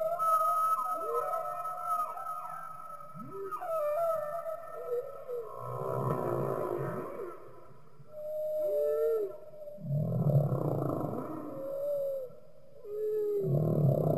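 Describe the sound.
Humpback whale song: whooping upswept cries and wavering tonal moans alternating with bursts of low rumbling.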